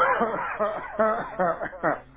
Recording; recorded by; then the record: voluntary cough; telephone call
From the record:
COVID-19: positive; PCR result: checked with the laboratory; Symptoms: no